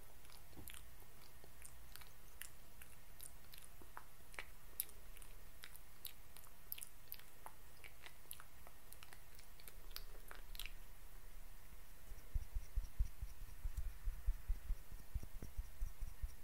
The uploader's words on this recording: ASMR FACE TREATMENT, ASMR CLEANING YOUR FACE, ASMR FACE TREATMENT SPA, ASMR FACE MASSAGE NO TALKING.